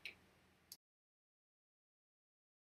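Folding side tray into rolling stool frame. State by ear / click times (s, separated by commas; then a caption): seated / 0.0 s, 0.7 s. The folding side trays of a 2017 Delk Mychanic Rolling Garage Sidekick Stool 52777 are folded up and snapped into their stowed position on the stool frame for storage. Two short, sharp snaps are heard at about 0.1 s and 0.7 s over a low background, followed by silence. The trays seat in place.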